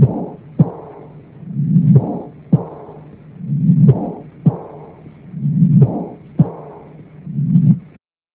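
Regular heart sounds with a low-pitched rumbling diastolic murmur: an Austin Flint murmur, typical of severe aortic regurgitation.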